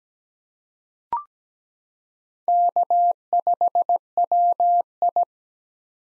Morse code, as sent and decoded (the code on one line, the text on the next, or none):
-.- ..... .-- ..
K5WI